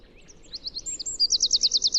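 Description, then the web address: Bird trill starting with scattered high chirps, then building into a fast, loud run of evenly repeated sliding notes near the top of the range. "cianscape birddata Deverinetal 2025"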